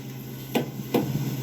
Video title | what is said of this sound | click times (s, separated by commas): part 3 copart rebuild how to fix T bone side impact damage 2012 Yukon Denali | you can hear the two clicks | 0.5 s, 1.0 s